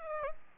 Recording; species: mosquito wingbeat signal from an infrared sensor; Aedes albopictus